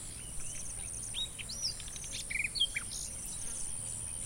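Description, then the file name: Common nightingale song, a rapid, varied string of whistles, slurred notes and dry buzzy trills, steady hiss beneath. "Luscinia megarhynchos"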